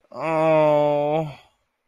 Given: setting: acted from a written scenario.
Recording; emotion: vocal sound without words; sympathy